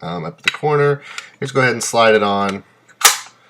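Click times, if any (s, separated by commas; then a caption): 3.1 s. Someone talks while a battery cover, keyed by an angled corner so it fits only one way, is slid onto a vaping device after the batteries are loaded. A single sharp snap is heard at 3.1 s as the cover seats and locks in place.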